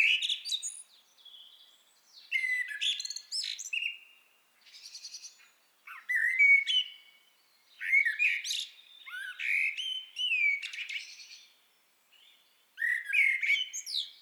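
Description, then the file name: Eurasian blackbird song of several phrases separated by pauses, each starting with low whistles and ending in high, scratchy twitters. "Turdus merula"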